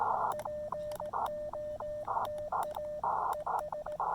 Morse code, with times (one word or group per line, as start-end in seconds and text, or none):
0.3-3.0 POTA
3.3-4.0 ES